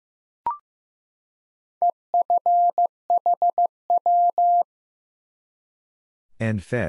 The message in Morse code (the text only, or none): EFHW